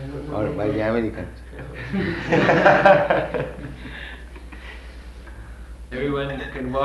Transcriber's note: laughter